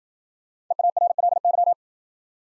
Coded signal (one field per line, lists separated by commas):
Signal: Morse code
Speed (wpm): 52 wpm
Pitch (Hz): 700 Hz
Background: none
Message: EARLY